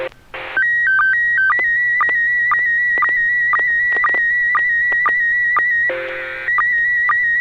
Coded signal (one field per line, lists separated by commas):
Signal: SSTV (slow-scan television)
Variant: PD 120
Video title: N6NA SSTV Net - 03/08/2023